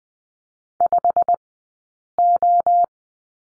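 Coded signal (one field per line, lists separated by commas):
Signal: Morse code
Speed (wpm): 19 wpm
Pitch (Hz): 700 Hz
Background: none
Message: 5O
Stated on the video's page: Morse course lesson on the question mark, Farnsworth 20/10wpm.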